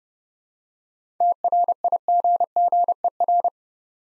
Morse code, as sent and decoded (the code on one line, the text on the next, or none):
- .-. .. --. --. . .-.
TRIGGER